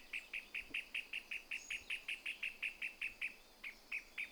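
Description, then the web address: Pale-legged hornero song: a rapid, steady run of sharp, bright notes, with a brief pause near the end and a brief thin high whistle. "sound Pale-legged-hornero. صدای-پرنده-هورنرو-پاروشن"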